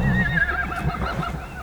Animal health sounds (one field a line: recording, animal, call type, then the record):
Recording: contact call of a hoofed animal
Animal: Przewalski's horse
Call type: whinny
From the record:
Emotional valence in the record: negative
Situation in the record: naturally occurring agonistic interactions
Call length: 1.63 s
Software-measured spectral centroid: 2070 Hz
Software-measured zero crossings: 2040 a second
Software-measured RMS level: -23 dBFS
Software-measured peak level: -9 dBFS